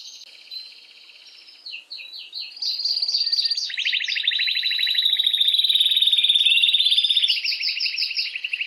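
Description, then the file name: Canary starts softly, then builds into a loud, long rolling trill, ending in a run of quick repeated notes. Belgian mosaic canary song. "canto do canario belga mosaico"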